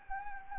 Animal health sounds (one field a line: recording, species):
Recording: mosquito wingbeat signal from an infrared sensor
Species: Anopheles gambiae